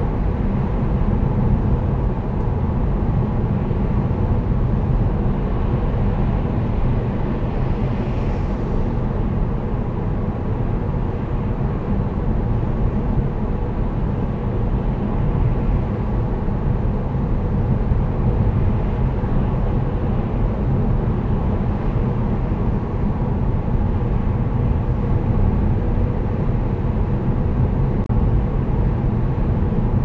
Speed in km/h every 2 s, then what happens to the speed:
78, 78, 76, 76, 75, 75, 76, 76, 76, 77, 78, 79, 77, 78, 77.
0-30 steady at about 77.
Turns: none.